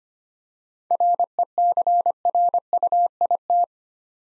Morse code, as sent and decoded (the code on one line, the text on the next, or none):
.-. . -.-. .-. ..- .. -
RECRUIT